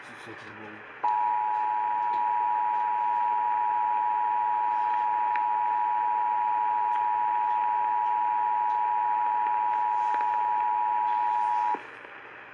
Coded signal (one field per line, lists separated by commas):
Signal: Emergency Alert System (SAME) tones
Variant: 853 and 960 Hz attention tone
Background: speech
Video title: MOTHER'S DAY... EAS Alerts From 5/12/24 - 5/13/24 (EAS#1,059 - #1,093)